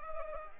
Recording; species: mosquito wingbeat signal from an infrared sensor; Anopheles arabiensis